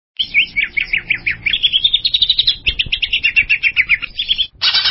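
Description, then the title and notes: Greater green leafbird singing a dense, rapid medley of chirps, buzzy trills and whistled phrases, ending with a short harsh burst of sound. Described as a champion bird's song. "Kicau Burung Cucak Ijo Juara. Suara kicauan burung cucak ijo"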